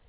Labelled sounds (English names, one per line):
Lucy's Warbler flight call